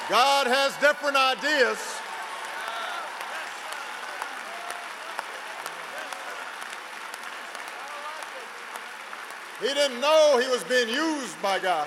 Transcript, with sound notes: God has different ideas. (Applause.) He didn’t know he was being used by God.